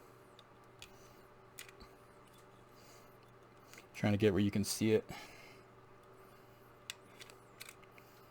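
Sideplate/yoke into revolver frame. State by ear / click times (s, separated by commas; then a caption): seated / 6.9 s. During reassembly, a steel revolver part, the sideplate or yoke, is rotated and jiggled against the revolver frame rather than forced, with light ticks and taps throughout. Someone talks briefly around 4 to 5 seconds, and at 6.9 s a sharp click is heard as the part locks into place in the frame.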